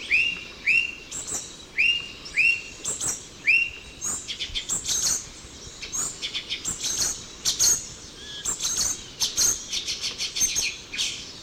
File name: Chlorothraupis stolzmanni - Ochre-breasted Tanager